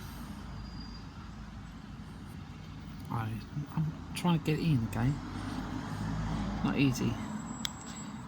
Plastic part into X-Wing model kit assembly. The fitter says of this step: clicking place there Oh bit